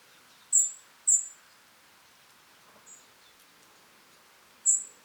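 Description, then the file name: European robin calls: thin, high, piercing notes, two in quick succession, a faint one, then another after a pause. "Erithacus rubecula"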